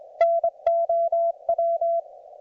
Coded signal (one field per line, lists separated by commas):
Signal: Morse code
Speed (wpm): 24 wpm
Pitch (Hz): 690 Hz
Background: none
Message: NOW